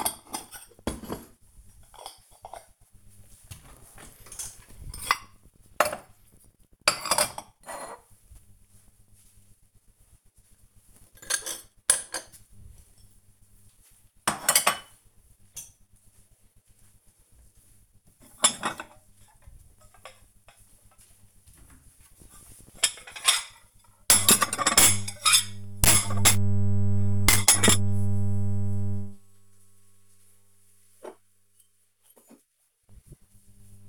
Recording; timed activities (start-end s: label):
household activities, microphone on the right wrist
0.00-33.89 s: putting away the dishes